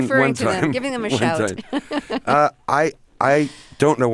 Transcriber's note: laughter